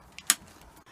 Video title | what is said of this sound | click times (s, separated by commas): SkateyKatyReviews - ao.com review - Dyson Cinetic Big Ball Animal | so you just have to make sure that that clicks all the way back up otherwise you can struggle putting it back in | 0.3 s